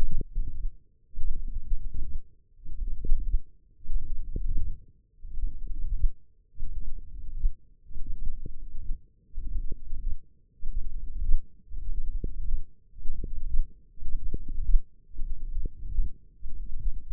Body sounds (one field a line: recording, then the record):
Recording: forearm muscle sounds (acoustic myography)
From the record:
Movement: forearm supination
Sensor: system 1, eight BSWA MPA416 microphones around the upper forearm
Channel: 8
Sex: male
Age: 21 years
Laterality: right